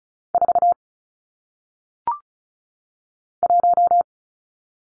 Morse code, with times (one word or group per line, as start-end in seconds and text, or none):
0.3-0.7 4
3.4-4.0 1